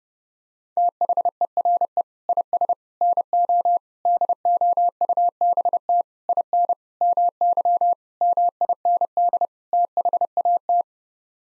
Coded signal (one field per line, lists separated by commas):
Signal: Morse code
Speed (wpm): 30 wpm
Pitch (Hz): 700 Hz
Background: none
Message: THERE IS NO DOUBT IN MY MIND THAT